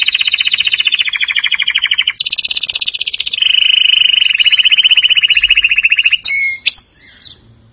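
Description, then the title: Atlantic canary singing fast rolling trills that switch pitch abruptly a few times, ending with a few sharp separate chirps. "Kenari"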